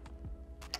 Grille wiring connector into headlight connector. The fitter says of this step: Make sure you hear a slight click, that way you know that this is fully secured.